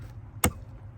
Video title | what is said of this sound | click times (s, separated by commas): Mercedes W210 Cabin Air Filter Replacement | until it clicks like that, and then we can pull this door out. | 0.4 s